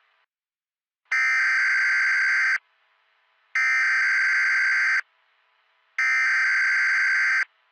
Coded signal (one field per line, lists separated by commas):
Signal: Emergency Alert System (SAME) tones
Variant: header bursts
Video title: EAS Scenario: Fear The Wind and Spores October Says Goodbye Part 2: FIrestorm (LAST VIDEO FOR 2024)